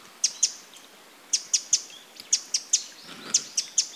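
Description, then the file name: Eurasian wren uttering hard clicking tick notes, a pair then triplets, spaced about a second apart. "Troglodytes troglodytes"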